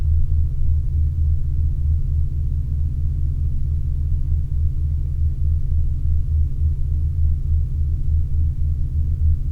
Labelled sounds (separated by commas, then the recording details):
machinery, flare stack
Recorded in Ivvavik National Park, Yukon, on 27 August 2019 at 07:59
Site SINP01